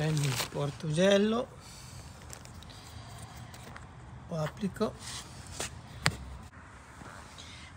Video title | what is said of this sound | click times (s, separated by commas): Tutorial completo fioriere +impianto automatico micro irrigazione | fare click quando ho fatto click e dentro | 6.1 s